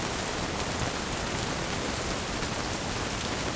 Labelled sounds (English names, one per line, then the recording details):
none
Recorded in dense forest near Puerto Asís, Putumayo, Colombia, on 27 June 2025 at 07:00
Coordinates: 0.503, -76.323
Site G059